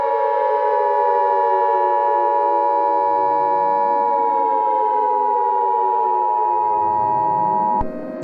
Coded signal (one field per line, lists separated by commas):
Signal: Emergency Alert System (SAME) tones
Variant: 853 and 960 Hz attention tone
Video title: EAS Scenario #40: Bunnyman Rampage: Gilead Insurgency